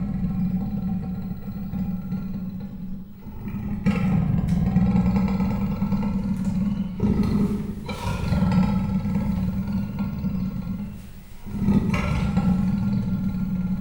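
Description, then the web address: Persian leopard giving long, low, grating growls in steady bouts, each lasting a few seconds and separated by brief dips in loudness. Captive animal at the zoo in Miskolc, recorded 2018. "perzsa leopard"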